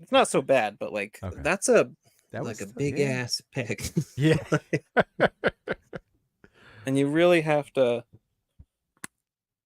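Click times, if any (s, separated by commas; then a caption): 9.0 s. Someone talks while a plastic action figure part is forced into the figure's joint during an unboxing. A short, sharp snap is heard at 9.0 s as the part seats into place.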